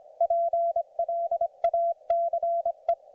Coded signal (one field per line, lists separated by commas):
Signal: Morse code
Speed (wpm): 25 wpm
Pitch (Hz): 690 Hz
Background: none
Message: PLACE